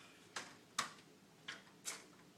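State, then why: Seated. A folded walking frame is pulled back open until its side locking buttons snap into place, locking the walker in its open position. Sharp clicks are heard at about 0.4, 0.8, 1.5 and 1.9 seconds. The loudest click, at 0.8 seconds, is the lock engaging, and the frame is seated and locked open.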